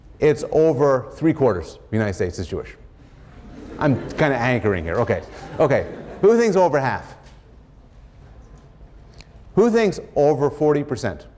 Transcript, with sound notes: it’s over three quarters of the United States is Jewish? [laughter] I’m kind of anchoring here. Okay. Okay. Who thinks over half? Who thinks over forty percent?